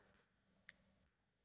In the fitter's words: you actually have to the press down and flip it open like that you can hear the little click there